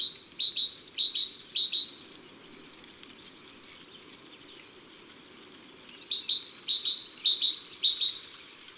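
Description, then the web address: Great tit song: clear high and lower notes repeated rhythmically in two bouts with a quiet gap between and faint background hiss. Recorded in January. "Janvier La Mesange charbonniere. les-4-saisons-des-chants-doiseaux"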